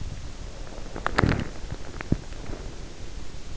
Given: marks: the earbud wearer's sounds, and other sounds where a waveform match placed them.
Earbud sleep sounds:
sounds in sleep by an in-ear microphone; teeth grinding, breath
0.66-2.35 s: teeth grinding
0.66-3.46 s: breath

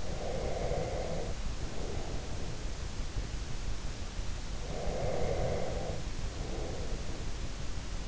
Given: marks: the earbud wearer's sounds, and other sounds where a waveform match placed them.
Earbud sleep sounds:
sounds in sleep by an in-ear microphone; breath
0.00-2.67 s: breath
4.52-7.35 s: breath

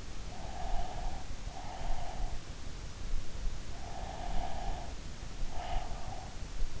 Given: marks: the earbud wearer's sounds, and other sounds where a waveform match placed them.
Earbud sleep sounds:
sounds in sleep by an in-ear microphone; breath
0.42-2.62 s: breath
3.96-6.80 s: breath

